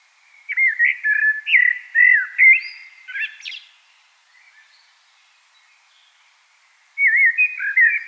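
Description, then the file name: Common blackbird song: a long flowing phrase of low fluty notes rising into scratchy high notes, a lull with faint twitters, then a new phrase starts. "Turdus merula"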